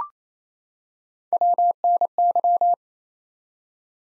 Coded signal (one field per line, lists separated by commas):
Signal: Morse code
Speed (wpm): 28 wpm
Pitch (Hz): 700 Hz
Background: none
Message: WNY